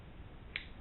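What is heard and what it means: On a 1897 Winchester pump shotgun action, the hammer is drawn to full cock again in a repeat demonstration, and the sear engages the full cock notch. A single short, sharp click is heard at 0.6 s over a low background hum. The sear is seated in the full cock notch, confirmed.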